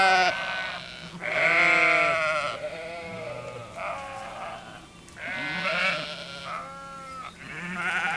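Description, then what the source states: Sheep bleating: several bleats in succession, some loud and wavering, others shorter and softer. Hungry sheep.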